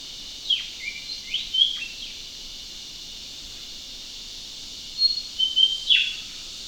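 Yellow-throated leafbird calls: short, thin, high whistled notes with quick downward slurs, in two brief bursts, over a constant high-pitched hiss.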